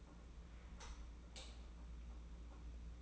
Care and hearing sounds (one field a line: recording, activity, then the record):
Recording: daily activity, microphone in the room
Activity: light on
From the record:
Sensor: 1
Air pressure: 991.9 hPa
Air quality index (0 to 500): 211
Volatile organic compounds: 1000 ppm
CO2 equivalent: 8181 ppm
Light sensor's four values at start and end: 10/22/9/10 and 10/22/9/10